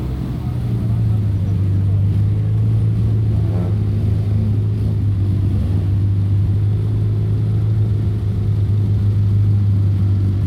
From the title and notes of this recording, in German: Die Quelle der absurden Autos war la Piazza Piccola di Sassuolo. Hab' ich also dort die startenden Autos aufgenommen und gestaunt, wie unterschiedlich die doch klingen.